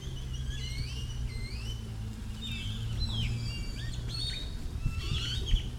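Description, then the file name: Birds whistle and chirp in rising and dipping notes, partly masked by a loud, steady low hum and rumble. Birds heard amid ambient sound at La Cruz plaza. "Birds and Ambiance at La Cruz plaza"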